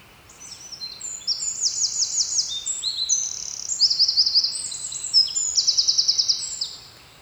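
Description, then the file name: Eurasian wren singing a long, energetic high-pitched song of sharp notes and several fast rattling trills, lasting around six seconds before stopping abruptly. "Troglodytes troglodytes"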